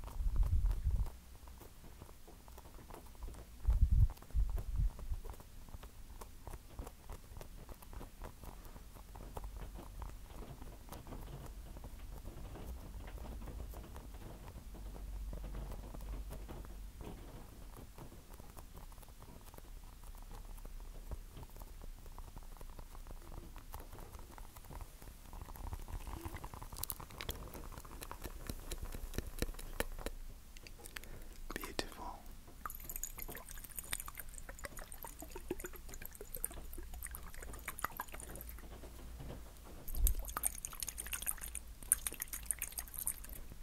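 Tapping and scratching go on throughout: a dense, uneven patter of small clicks over a low rumble, with a few heavier knocks near the start. Around 26 seconds a rougher scraping swells, and later, from about 33 and 40 seconds, thin, bright squeaky scratches appear.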